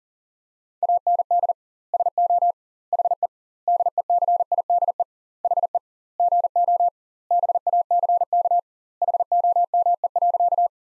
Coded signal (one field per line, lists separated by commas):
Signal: Morse code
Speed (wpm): 40 wpm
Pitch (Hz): 700 Hz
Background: none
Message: AND SO HE DECIDE HE GO BACK HOME.